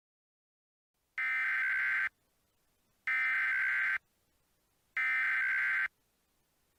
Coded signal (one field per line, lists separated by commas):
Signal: Emergency Alert System (SAME) tones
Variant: header bursts